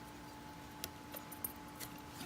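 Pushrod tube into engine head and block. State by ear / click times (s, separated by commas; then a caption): seated / 0.8 s, 1.4 s. Lubricated pushrod tubes with O-rings are pushed into the cylinder head and block of an air-cooled Corvair engine. Two sharp snaps are heard at 0.8 s and 1.5 s over a steady background hum, with a softer tick at 1.2 s. The tubes snap and seat into place.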